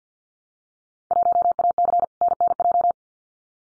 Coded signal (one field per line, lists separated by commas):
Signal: Morse code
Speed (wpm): 50 wpm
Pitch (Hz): 700 Hz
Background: none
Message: 1AC NNJ